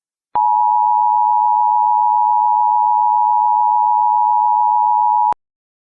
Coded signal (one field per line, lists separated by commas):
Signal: Emergency Alert System (SAME) tones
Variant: 853 and 960 Hz attention tone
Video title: EAS Scenario: Operations